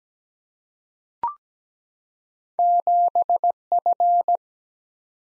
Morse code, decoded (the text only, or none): 7 F